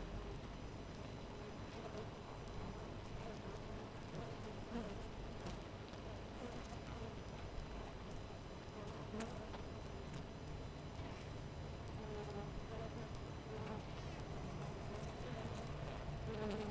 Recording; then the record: honeybee colony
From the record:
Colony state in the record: missing queen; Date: 14 July 2017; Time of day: 5:04